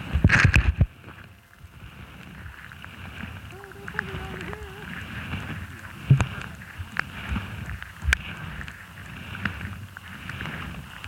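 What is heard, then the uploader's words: Underwater hydrophone sound from a small brackish lagoon: a low, murky rumble with scattered sharp clicks and ticks throughout. A loud burst of knocking opens the first second, and around 3.5–4.5 seconds a faint wavering whistle-like tone drifts through. Brief thumps recur near 6 and 8 seconds. This was captured within the grounds held by NASA and the ecosystem is a fascinating mashup of both fresh and saltwater marshes, pools, and streams. This particular hydrophone recording comes from a small inland lagoon of brackish water.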